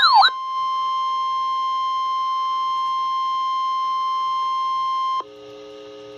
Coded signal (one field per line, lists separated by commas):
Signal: Emergency Alert System (SAME) tones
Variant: 1050 Hz attention tone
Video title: REAL EAS 1457- Flash Flood Warning